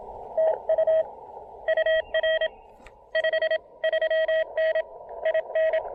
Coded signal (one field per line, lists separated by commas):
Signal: Morse code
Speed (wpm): 22 wpm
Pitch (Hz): 590 Hz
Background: none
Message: TU UR 53N IN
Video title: QRP POTA & SOTA at Monte Sano State Park in Huntsville, Alabama!